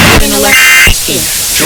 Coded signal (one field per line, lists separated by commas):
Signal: Emergency Alert System (SAME) tones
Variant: end-of-message bursts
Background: speech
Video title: Caillou makes a Fake EAS and gets grounded in G Major 15